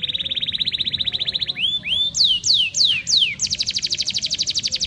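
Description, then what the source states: Canary singing a fast even trill, then a few slow slurred whistles sweeping downward, followed by a rapid high trill. Highly vocal (gacor) canary song used as training material (masteran) to teach song to other birds.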